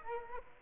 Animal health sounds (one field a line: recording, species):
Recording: mosquito wingbeat signal from an infrared sensor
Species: Culex quinquefasciatus